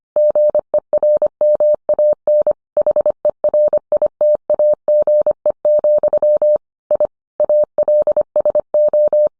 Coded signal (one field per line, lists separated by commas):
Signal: Morse code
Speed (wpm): 25 wpm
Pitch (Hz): 600 Hz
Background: none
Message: GERMAN HERITAGE, I ALSO